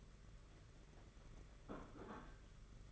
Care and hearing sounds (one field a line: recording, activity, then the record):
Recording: daily activity, microphone in the room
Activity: place plate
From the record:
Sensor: 4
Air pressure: 992.6 hPa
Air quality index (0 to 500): 135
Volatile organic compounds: 57 ppm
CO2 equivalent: 3381 ppm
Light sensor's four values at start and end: 19/65/24/25 and 19/65/24/25